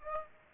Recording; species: mosquito wingbeat signal from an infrared sensor; Aedes aegypti